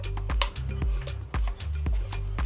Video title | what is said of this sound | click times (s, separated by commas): Is Tentbox Kitchen Box REALLY Easy to Set Up for Beginners? @TentBoxOfficial | and locks into place. Look at that. | 0.4 s